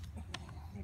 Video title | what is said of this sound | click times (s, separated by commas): Barnett Jackal Review with Muzzy Broadheads, Rope Cocking Device, Crossbow... | make sure you hear the clicking when you get it to the back and I always make sure that it's actually on safe | 0.3 s